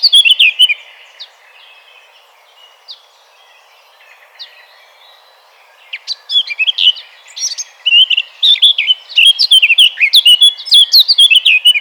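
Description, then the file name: Eurasian blackcap warbling briefly, then a few soft isolated notes, before a long, loud, rich and varied fluty warble fills the second half. "Sylvia atricapilla"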